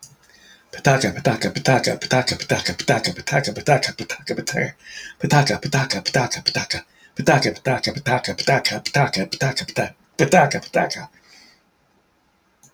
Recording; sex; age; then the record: repeated syllables /pa ta ka/; male; 50 to 59 years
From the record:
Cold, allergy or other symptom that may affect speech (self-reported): no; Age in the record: 59 years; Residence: Oregon, United States